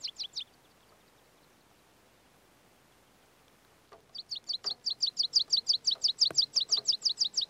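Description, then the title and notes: Meadow pipit singing: a short burst of high, thin notes, a pause with faint clicks, then a long, rapid series of repeated sharp, high chips. "Niittykirvinen. Hannu Jännes. Yle"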